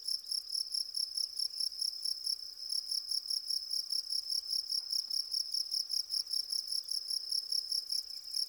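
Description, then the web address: Cricket song: shrill continuous chirps in an even, rapid pulse, about two or three a second, running without pause. "Natures Songs. Goldfinches crickets"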